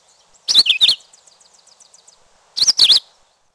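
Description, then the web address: Philadelphia vireo song: two brief, high, slurred whistled phrases about two seconds apart, each a quick up-and-down warble, with a faint thin trill between them. "Peterson North American Birds. phvi"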